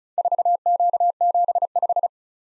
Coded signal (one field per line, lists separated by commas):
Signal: Morse code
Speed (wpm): 34 wpm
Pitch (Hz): 700 Hz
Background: none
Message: 4Q75